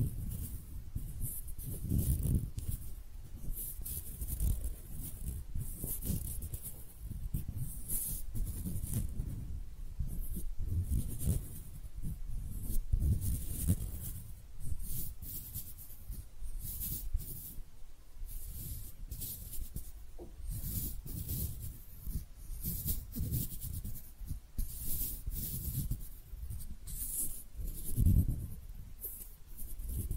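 Hands rub and brush together in a steady stream of soft, scratchy rustles, with low thumps throughout and a deeper bump near twenty-eight seconds.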